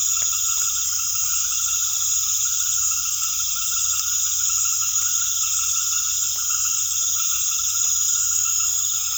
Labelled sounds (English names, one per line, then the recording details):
none
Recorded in secondary vegetation near Puerto Asís, Putumayo, Colombia, on 28 February 2025 at 19:30
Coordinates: 0.500, -76.326
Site GP04